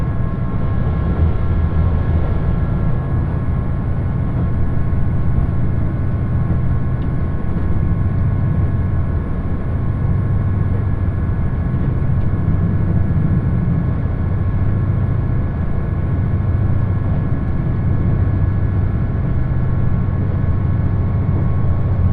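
Cabin noise aboard the Uwakai No. 5 limited express on the Yosan Line, running from Iyo-Ozu toward Uwajima. A steady, dense low rumble holds throughout with no breaks, overlaid by a faint constant whine of several fixed tones. Loudness stays nearly level for the whole stretch.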